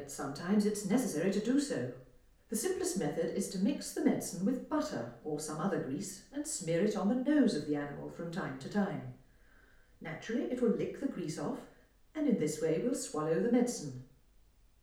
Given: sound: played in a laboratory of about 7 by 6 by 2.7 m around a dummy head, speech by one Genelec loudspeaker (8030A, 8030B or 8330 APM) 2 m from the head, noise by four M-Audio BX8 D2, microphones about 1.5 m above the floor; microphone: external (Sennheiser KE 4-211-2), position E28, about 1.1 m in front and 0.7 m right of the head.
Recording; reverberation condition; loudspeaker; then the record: female speech in English; medium; 90 degrees to the left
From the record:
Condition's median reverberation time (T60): about 510 ms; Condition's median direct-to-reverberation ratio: about -0.5 dB